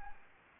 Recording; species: mosquito wingbeat signal from an infrared sensor; Anopheles arabiensis